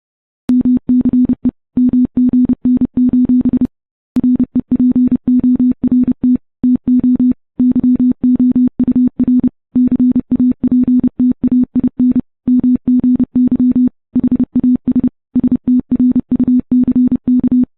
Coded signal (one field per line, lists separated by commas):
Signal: Morse code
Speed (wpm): 30 wpm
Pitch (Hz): 250 Hz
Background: none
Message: MCE MGN: REPORT TO YOUR CAPTAIN MGY HAS STRUCK